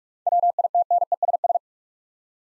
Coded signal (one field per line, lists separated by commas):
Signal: Morse code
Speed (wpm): 46 wpm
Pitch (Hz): 700 Hz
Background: none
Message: WITNESS